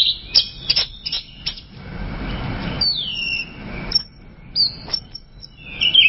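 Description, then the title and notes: Bird song: high, sharp chirps and down-slurred whistles repeated throughout, over a low, steady background rumble. "Bird Sound. Kicau Burung Lengkap"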